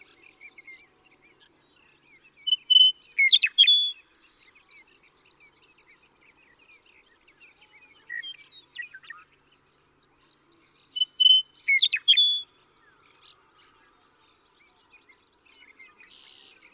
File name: Western Meadowlark